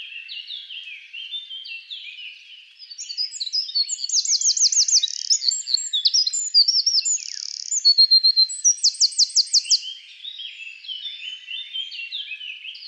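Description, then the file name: Eurasian wren song, a fast high jumble of twittering notes with two bright rattling trills in the middle, pouring on almost without pause. "Troglodytes troglodytes"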